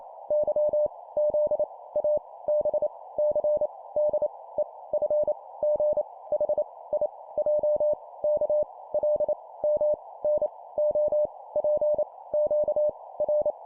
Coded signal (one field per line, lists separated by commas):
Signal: Morse code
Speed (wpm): 28 wpm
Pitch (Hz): 600 Hz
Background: none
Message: Y Z A B C D E F G H I J K L M N O P Q R